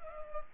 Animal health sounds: mosquito wingbeat signal from an infrared sensor; Culex pipiens

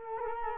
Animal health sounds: mosquito wingbeat signal from an infrared sensor; Culex quinquefasciatus

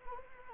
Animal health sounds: mosquito wingbeat signal from an infrared sensor; Anopheles arabiensis

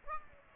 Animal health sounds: mosquito wingbeat signal from an infrared sensor; Aedes aegypti

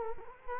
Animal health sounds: mosquito wingbeat signal from an infrared sensor; Culex quinquefasciatus

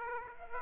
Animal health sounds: mosquito wingbeat signal from an infrared sensor; Aedes aegypti

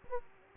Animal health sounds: mosquito wingbeat signal from an infrared sensor; Aedes aegypti

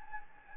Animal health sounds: mosquito wingbeat signal from an infrared sensor; Anopheles gambiae

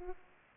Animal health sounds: mosquito wingbeat signal from an infrared sensor; Aedes aegypti

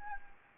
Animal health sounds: mosquito wingbeat signal from an infrared sensor; Anopheles gambiae

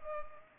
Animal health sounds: mosquito wingbeat signal from an infrared sensor; Culex pipiens

